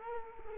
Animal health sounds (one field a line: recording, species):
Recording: mosquito wingbeat signal from an infrared sensor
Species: Culex quinquefasciatus